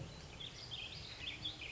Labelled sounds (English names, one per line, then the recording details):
Warbling Vireo
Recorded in Sonoma County, California